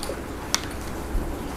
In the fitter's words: ngunci ya dia